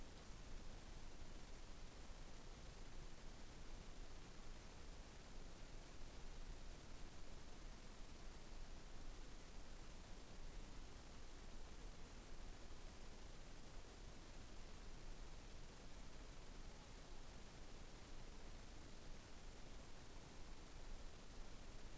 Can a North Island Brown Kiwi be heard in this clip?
no